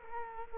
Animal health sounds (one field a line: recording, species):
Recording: mosquito wingbeat signal from an infrared sensor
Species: Culex quinquefasciatus